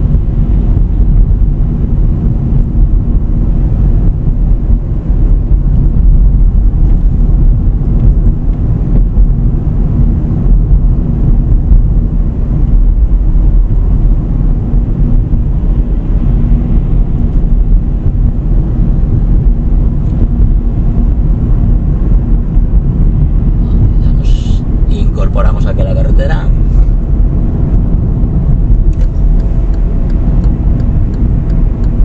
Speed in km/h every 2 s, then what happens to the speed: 40, 45, 46, 46, 46, 45, 45, 45, 45, 47, 48, 48, 48, 48, 51, 50.
0-32 speeds up to 50.